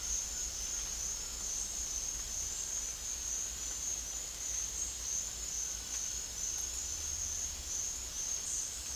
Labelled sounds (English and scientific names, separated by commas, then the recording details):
none
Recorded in dense forest near Puerto Asís, Putumayo, Colombia, on 26 December 2024 at 08:30
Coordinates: 0.484, -76.325
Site G056